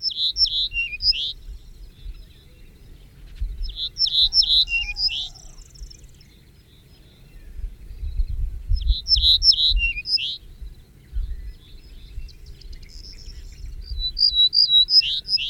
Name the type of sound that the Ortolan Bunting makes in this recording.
song